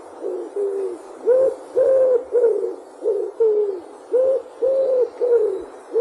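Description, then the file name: Common wood pigeon cooing song, a steady run of low, hollow coos, some drawn out and some clipped, over a soft background hiss. "ringdue"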